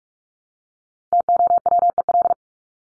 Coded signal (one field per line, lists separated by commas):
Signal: Morse code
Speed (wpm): 44 wpm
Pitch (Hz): 700 Hz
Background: none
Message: TOWEL